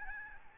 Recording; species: mosquito wingbeat signal from an infrared sensor; Aedes albopictus